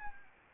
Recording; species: mosquito wingbeat signal from an infrared sensor; Anopheles arabiensis